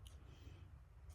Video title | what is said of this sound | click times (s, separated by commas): April Currently Inked and NEW PEN DAY! | it snaps. You hear that snap when it posts, | 0.1 s